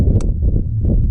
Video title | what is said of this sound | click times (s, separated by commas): Battery Replacement 2018 Malibu. Step By Step DIY. | that down i think you heard it click that'll also hold it down in case it gets a little bit loose now | 0.2 s